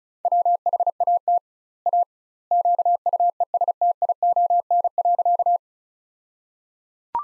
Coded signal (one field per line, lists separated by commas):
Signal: Morse code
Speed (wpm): 36 wpm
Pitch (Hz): 700 Hz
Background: none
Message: WHAT A QUESTION.